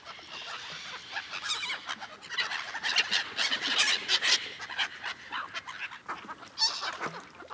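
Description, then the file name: Gull chorus of high, harsh squealing calls, swelling in the middle and continuing in irregular bursts. Several gulls. "seagulls"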